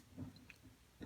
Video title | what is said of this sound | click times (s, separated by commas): 3D PRINTING + MODEL RAILWAY LAYOUT | you have that kind of snap in place there there you go so | 0.5 s